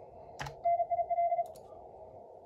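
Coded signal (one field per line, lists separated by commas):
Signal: Morse code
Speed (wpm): 34 wpm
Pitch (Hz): 690 Hz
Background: none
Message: NIL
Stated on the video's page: MorseRunner contest simulator software running the ARRL DX contest.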